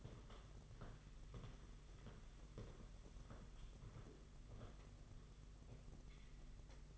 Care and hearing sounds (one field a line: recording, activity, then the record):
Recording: daily activity, microphone in the room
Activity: walk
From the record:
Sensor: 4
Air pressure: 992.4 hPa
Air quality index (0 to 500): 133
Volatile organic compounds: 51 ppm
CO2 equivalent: 3306 ppm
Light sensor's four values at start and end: 20/72/26/27 and 20/72/26/27